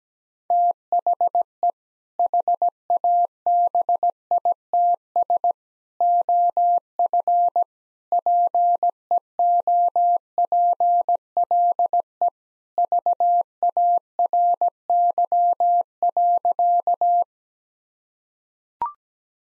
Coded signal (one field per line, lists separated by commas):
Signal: Morse code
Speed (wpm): 17 wpm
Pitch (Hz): 700 Hz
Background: none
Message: THE HABITS OF PEOPLE VARY.